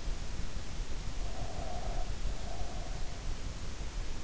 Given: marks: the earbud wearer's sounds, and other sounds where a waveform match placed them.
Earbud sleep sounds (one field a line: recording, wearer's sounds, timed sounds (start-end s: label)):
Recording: sounds in sleep by an in-ear microphone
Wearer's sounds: breath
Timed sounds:
1.35-3.16 s: breath